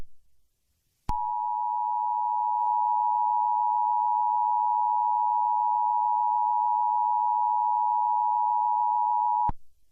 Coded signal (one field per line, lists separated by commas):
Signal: Emergency Alert System (SAME) tones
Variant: 853 and 960 Hz attention tone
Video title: The Zombie Deer -EAS